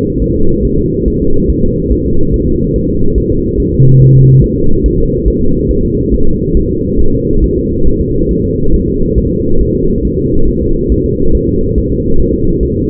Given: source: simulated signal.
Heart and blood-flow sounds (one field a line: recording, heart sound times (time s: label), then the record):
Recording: fetal heart sounds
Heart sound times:
0.22 s: S1
0.36 s: S2
0.65 s: S1
0.79 s: S2
1.08 s: S1
1.22 s: S2
1.50 s: S1
1.64 s: S2
1.92 s: S1
2.06 s: S2
2.34 s: S1
2.48 s: S2
2.76 s: S1
2.90 s: S2
3.18 s: S1
3.32 s: S2
3.60 s: S1
3.74 s: S2
4.02 s: S1
4.16 s: S2
4.44 s: S1
4.58 s: S2
4.86 s: S1
5.00 s: S2
5.28 s: S1
5.42 s: S2
5.71 s: S1
5.85 s: S2
6.14 s: S1
6.28 s: S2
6.57 s: S1
6.71 s: S2
7.00 s: S1
7.14 s: S2
7.44 s: S1
7.58 s: S2
7.87 s: S1
8.01 s: S2
8.31 s: S1
8.45 s: S2
8.74 s: S1
8.88 s: S2
9.18 s: S1
9.32 s: S2
9.61 s: S1
9.75 s: S2
10.05 s: S1
10.19 s: S2
10.49 s: S1
10.62 s: S2
10.92 s: S1
11.06 s: S2
11.35 s: S1
11.49 s: S2
11.78 s: S1
11.92 s: S2
12.20 s: S1
12.34 s: S2
12.63 s: S1
12.77 s: S2
From the record:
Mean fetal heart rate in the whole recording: 140 bpm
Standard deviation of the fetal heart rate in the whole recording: 2 bpm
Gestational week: 34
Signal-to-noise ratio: -19.1 dB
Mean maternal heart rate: 72 bpm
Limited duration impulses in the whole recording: present